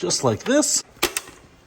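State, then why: Seated. Someone talks briefly, then a Toro Flex-Force 60 V 2.5 Ah slide-on battery pack is pushed onto the battery mount of a cordless string trimmer. Two sharp clicks follow close together at 1.0 s and 1.2 s as the pack snaps into place and is seated.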